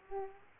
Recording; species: mosquito wingbeat signal from an infrared sensor; Aedes aegypti